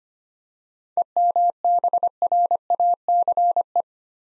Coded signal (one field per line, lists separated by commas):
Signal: Morse code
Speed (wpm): 25 wpm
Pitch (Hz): 700 Hz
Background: none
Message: EMBRACE